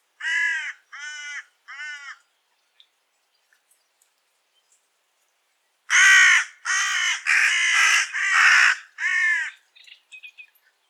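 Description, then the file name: Carrion crow cawing: three short harsh caws, a pause, then a louder run of five longer rasping caws in quick succession. "Corvus corone"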